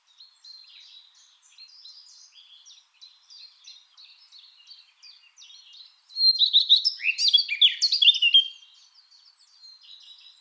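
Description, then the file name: Eurasian blackcap song: a soft, scratchy warble for about six seconds, then a sudden loud burst of rich, tumbling notes before it drops back into quiet twittering. "Sylvia atricapilla"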